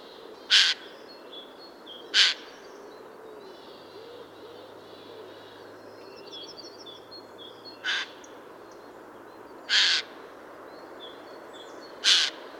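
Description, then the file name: Eurasian jay giving five harsh, scratchy screeches at irregular intervals, with faint twittering from other birds behind. "Garrulus glandarius"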